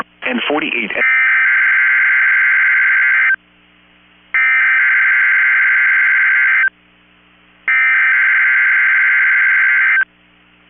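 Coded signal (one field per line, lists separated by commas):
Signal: Emergency Alert System (SAME) tones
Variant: header bursts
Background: speech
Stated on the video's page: Required Weekly Test from weather radio station KEC65.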